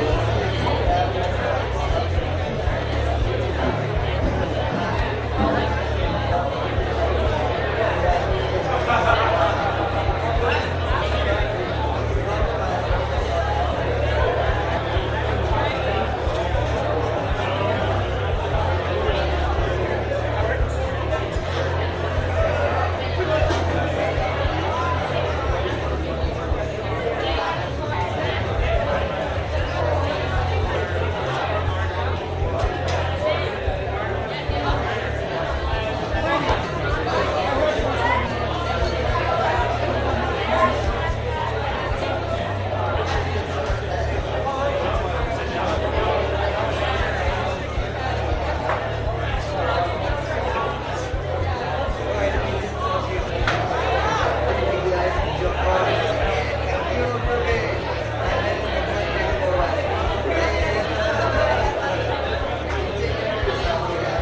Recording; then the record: background sound without coughing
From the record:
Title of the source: CITY SOUNDS Busy Bar in the Evening Night - 2 HOURS of Ambiance for Relaxation